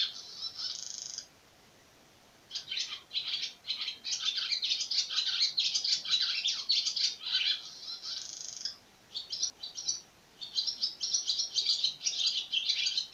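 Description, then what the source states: Swallow chattering song opening with a dry buzzy rattle, then a quiet gap, bursts of squeaky twittering, another harsh buzz, and more rapid chirping. Recorded on 26 April 2017.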